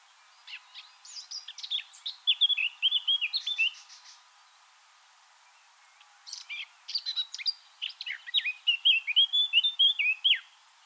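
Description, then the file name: Eurasian blackcap singing two warbled verses a few seconds apart, each starting with scratchy twittering and building into loud, clear notes. "Sylvia atricapilla"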